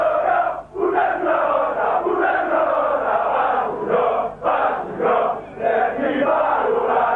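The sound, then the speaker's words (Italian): A large crowd of Lazio football fans chants loudly and rhythmically in unison for their champion, Paolo Di Canio, the massed voices rising and falling in repeated phrases with brief dips between them. “Questa è la voce dei tifosi della Lazio che inneggiano al loro campione.”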